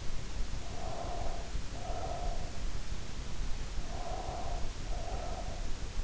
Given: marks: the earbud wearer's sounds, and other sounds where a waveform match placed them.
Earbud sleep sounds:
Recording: sounds in sleep by an in-ear microphone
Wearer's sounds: breath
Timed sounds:
0.59-2.51 s: breath
3.79-5.61 s: breath

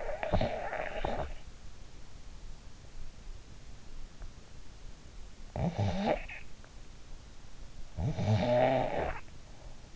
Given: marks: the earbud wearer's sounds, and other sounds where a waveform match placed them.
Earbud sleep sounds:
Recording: sounds in sleep by an in-ear microphone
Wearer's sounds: snoring breath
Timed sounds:
0.00-1.48 s: snoring breath
5.33-6.46 s: snoring breath
7.91-9.43 s: snoring breath

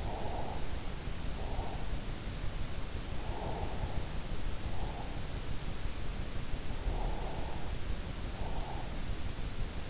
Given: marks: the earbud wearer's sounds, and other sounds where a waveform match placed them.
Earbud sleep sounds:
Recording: sounds in sleep by an in-ear microphone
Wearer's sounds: breath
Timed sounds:
0.00-1.94 s: breath
3.35-5.12 s: breath
6.97-8.87 s: breath

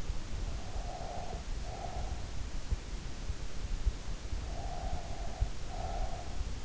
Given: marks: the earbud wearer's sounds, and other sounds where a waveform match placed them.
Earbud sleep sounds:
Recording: sounds in sleep by an in-ear microphone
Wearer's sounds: breath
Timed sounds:
0.12-2.77 s: breath
4.13-6.65 s: breath

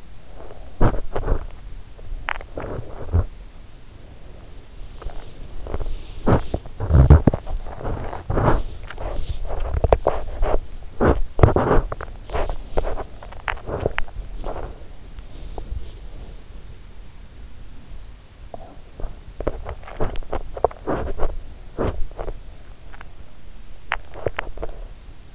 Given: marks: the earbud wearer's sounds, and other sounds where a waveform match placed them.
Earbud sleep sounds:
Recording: sounds in sleep by an in-ear microphone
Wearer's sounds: body movement, teeth grinding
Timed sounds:
0.00-25.35 s: body movement
2.13-2.88 s: teeth grinding
13.15-14.33 s: teeth grinding
23.50-24.76 s: teeth grinding

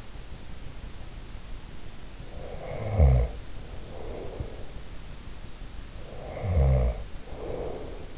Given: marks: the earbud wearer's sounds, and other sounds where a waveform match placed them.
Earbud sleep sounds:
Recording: sounds in sleep by an in-ear microphone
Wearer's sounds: snoring breath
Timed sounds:
2.18-4.70 s: snoring breath
5.98-8.18 s: snoring breath

